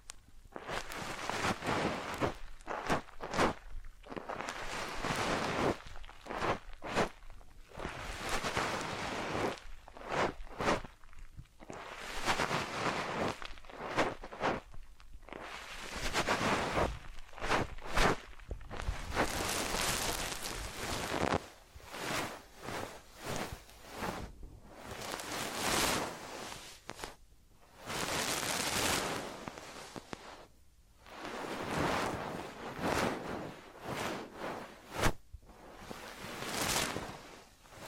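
Massage and ear cleaning sounds: dense, irregular bursts of rustling and scratching, some quick and clustered, others longer strokes, with brief quiet gaps.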